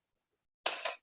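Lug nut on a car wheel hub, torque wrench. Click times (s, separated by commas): 0.7 s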